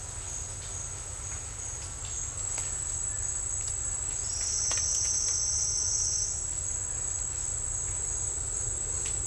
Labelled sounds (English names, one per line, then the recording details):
none
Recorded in dense forest near Puerto Asís, Putumayo, Colombia, on 16 December 2024 at 10:00
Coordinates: 0.468, -76.322
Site G071